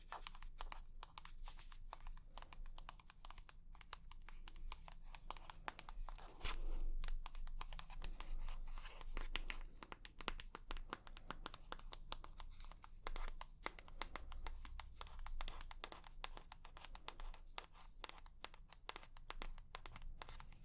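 Quick, irregular tapping runs through the whole clip as a dense stream of sharp clicks, some bursts faster than others. A slightly louder stretch comes around seven seconds. A low, steady rumble sits underneath, with a soft crinkling texture to some taps.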